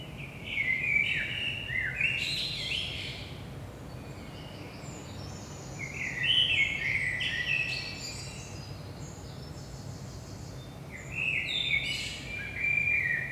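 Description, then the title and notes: Common blackbird song: three phrases about five seconds apart, each opening with low fluty whistles and ending in higher scratchy twitters, over a steady low hum. Saint-Gilles, Belgium; early morning, 5 am; recorded with a DPA 4060 microphone pair in AB position into a Zoom F3. "Saint-Gilles, Belgique - 5am Blackbird. Blackbird in the morning. Merle au petit matin"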